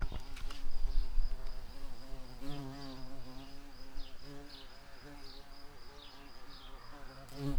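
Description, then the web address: Bumblebee buzzing, a low steady drone with wavering pitch that rises and dips repeatedly, over a constant high-pitched background tone. Workers. "Hortorum workers"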